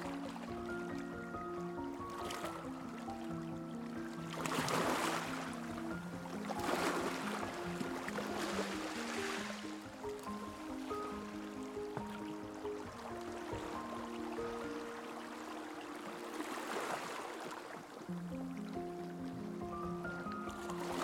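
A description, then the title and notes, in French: Gentle waves wash onto rocks beneath soft, slow music with sustained low and mid notes. The surf swells in hissing surges around 5, 7, 9 and 17 seconds, easing back in between, while the melody moves calmly and steadily throughout. Des VAGUES Apaisantes et une MUSIQUE. Vagues apaisantes qui viennent s'échouer sur les rochers.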